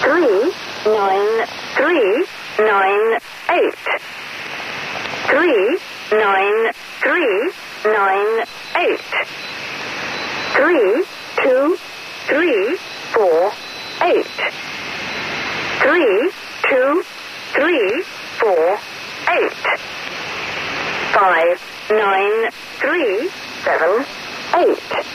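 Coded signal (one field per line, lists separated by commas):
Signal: numbers station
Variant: E03 Lincolnshire Poacher, English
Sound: synthetic English voice reading digits in groups of five, repeated, over shortwave hiss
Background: radio static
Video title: Linconshire Poacher Number Station Live broadcast Conet Project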